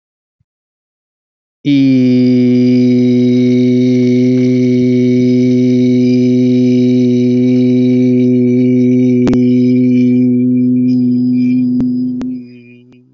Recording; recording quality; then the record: sustained vowel as in beet; excellent, no background noise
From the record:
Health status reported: healthy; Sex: male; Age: 44 years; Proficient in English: yes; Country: India